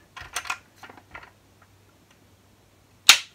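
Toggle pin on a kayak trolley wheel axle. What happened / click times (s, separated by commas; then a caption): A locking pin snapped into place, securing the wheel / 3.1 s. A Railblaza C-Tug kayak trolley wheel is put on the axle, and its toggle pin is pushed down to lock the wheel on. Soft clatter and handling sounds come first, then a sharp, loud click at 3.1 s as the toggle pin seats and the wheel is locked.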